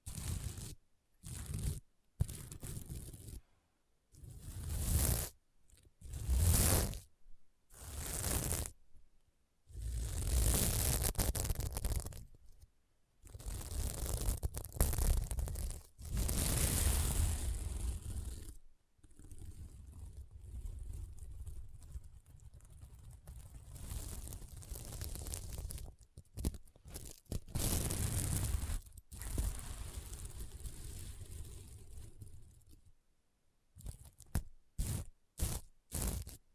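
Scratching and brushing across a sequin mermaid pillow, in short bursts of dry, rustling scrapes separated by silent gaps. The first half is choppy, with strokes every second or so, then a long, softer, steadier stretch of rubbing, before quick brief scratches close it out.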